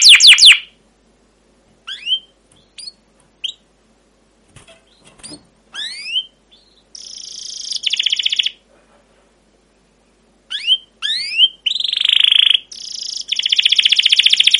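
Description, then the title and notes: Canary giving scattered sharp chirps with pauses, then short buzzy trills that grow into a longer rattling roll toward the end. Long continuous 'cuit cuit ngerol' canary song, used as a lure and master recording for young canaries learning sounds, for training caged birds. "CUIT CUIT NGEROL LANGSUNG GACOR PANJANG Kenari Pancingan KENAR. PANCINGAN Kenari GACOR PANJANG Cuit CUIT EMOSI MASTERAN Kenari PAUD belajar BUNYI. burung kenari"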